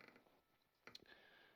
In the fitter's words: the lock button to unlock and then it locks in place